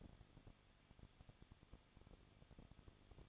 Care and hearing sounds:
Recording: daily activity, microphone in the room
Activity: no activity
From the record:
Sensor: 4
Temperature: 23.1 degrees Celsius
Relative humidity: 34.3%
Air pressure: 1007.2 hPa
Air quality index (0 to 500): 215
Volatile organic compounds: 15 ppm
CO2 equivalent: 2490 ppm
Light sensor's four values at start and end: 2/3/1/1 and 2/3/1/1

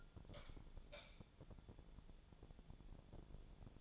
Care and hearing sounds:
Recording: daily activity, microphone in the room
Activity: light on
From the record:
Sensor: 5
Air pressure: 1000.1 hPa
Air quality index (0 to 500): 101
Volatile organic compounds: 1 ppm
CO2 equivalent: 817 ppm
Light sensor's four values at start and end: 259/613/264/294 and 262/622/267/298

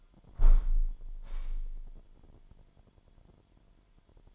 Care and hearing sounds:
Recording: daily activity, microphone in the room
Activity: close window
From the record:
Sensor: 5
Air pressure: 998.1 hPa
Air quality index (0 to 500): 96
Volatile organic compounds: 2 ppm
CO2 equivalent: 1100 ppm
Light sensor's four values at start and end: 26/63/26/29 and 26/63/26/29

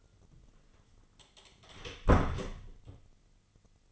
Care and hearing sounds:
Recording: daily activity, microphone in the room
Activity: close door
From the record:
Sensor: 4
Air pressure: 996.9 hPa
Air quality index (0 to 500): 66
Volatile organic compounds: 2 ppm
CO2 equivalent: 1190 ppm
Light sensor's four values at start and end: 18/41/17/17 and 18/43/17/17

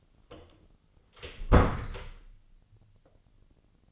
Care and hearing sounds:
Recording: daily activity, microphone in the room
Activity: close door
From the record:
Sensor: 4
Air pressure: 1010.1 hPa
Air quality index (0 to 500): 194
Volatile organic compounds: 3 ppm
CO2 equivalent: 1394 ppm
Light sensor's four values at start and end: 35/86/35/38 and 38/92/38/40

